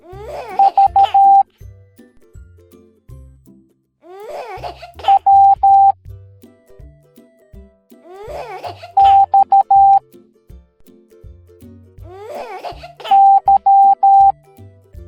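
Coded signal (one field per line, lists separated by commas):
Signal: Morse code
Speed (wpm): 13 wpm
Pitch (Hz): 790 Hz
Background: music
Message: V W X Y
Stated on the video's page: Morse code alphabet lesson in a children's cartoon.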